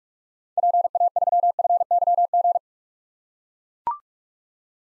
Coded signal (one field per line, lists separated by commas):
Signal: Morse code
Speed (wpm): 41 wpm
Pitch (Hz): 700 Hz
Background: none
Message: PA3FYG